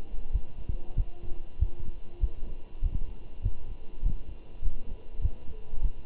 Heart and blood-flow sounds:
heart sounds by stethoscope; between the tricuspid and mitral areas; 98 bpm
0.33 s: heartbeat
0.97 s: heartbeat
1.60 s: heartbeat
2.21 s: heartbeat
2.83 s: heartbeat
3.43 s: heartbeat
4.03 s: heartbeat
4.63 s: heartbeat
5.22 s: heartbeat
5.83 s: heartbeat
From the record:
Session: walking at 3.7 km/h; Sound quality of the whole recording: good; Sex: male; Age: 23 years

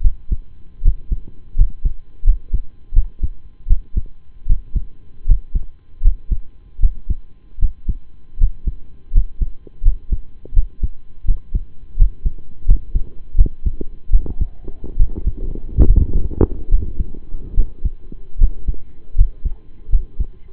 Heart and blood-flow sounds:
heart sounds by stethoscope; between the tricuspid and mitral areas; 78 bpm
0.01 s: heartbeat
0.81 s: heartbeat
1.55 s: heartbeat
2.23 s: heartbeat
2.93 s: heartbeat
3.67 s: heartbeat
4.46 s: heartbeat
5.25 s: heartbeat
6.01 s: heartbeat
6.79 s: heartbeat
7.59 s: heartbeat
8.37 s: heartbeat
9.11 s: heartbeat
9.82 s: heartbeat
10.53 s: heartbeat
11.25 s: heartbeat
11.96 s: heartbeat
12.65 s: heartbeat
13.35 s: heartbeat
14.10 s: heartbeat
14.96 s: heartbeat
15.84 s: heartbeat
16.68 s: heartbeat
17.54 s: heartbeat
18.37 s: heartbeat
19.15 s: heartbeat
19.89 s: heartbeat
From the record:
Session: rest, lying down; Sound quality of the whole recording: partially saturated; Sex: male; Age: 25 years

